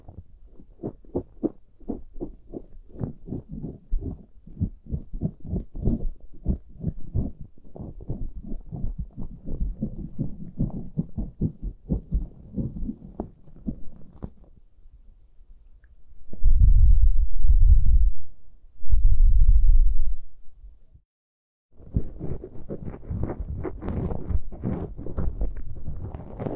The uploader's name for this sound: pure ear picking, heartbeat simulation